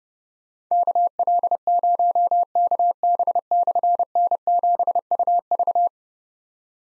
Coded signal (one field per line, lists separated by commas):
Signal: Morse code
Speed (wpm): 30 wpm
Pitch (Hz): 700 Hz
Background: none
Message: KL0KB/N7UV